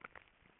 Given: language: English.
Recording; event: throat vibration sensor signal played as sound; swallow